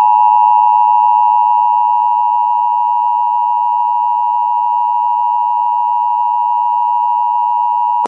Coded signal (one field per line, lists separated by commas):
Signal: Emergency Alert System (SAME) tones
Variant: 853 and 960 Hz attention tone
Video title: The Uprising (EAS Scenario)